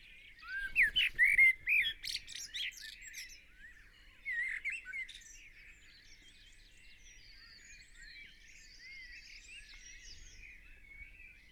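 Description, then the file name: Common blackbird gives a loud, fluty warble followed by a shorter second phrase, then falls silent while small birds keep twittering. "Turdus merula"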